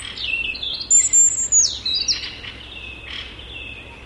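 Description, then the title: European robin song phrase: varied high notes, including a clear, very high sustained whistle that drops in pitch, followed by softer notes. "Viikon luontoääni: Punarinta"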